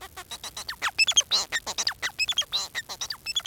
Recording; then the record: song of a male Bengalese finch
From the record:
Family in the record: son of father 4